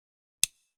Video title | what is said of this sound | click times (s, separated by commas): Don’t Buy a Multitool until you’ve seen the “NEW” [Rocktol Gen-R] | You hear that? That's how you know it's locked into place. | 0.4 s